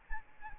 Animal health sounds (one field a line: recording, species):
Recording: mosquito wingbeat signal from an infrared sensor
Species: Anopheles arabiensis